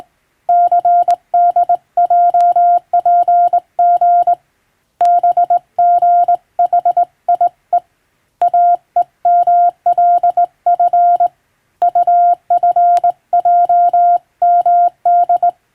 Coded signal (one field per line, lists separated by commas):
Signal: Morse code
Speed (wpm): 20 wpm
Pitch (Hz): 700 Hz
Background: none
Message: CDJPG BGHIE AEMLF UFJMD